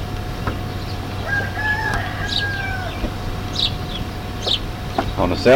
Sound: rooster crows

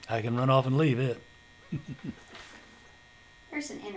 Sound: chuckling

